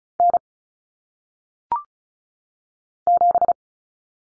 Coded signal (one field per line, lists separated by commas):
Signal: Morse code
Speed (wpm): 36 wpm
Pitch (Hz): 700 Hz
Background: none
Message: N 7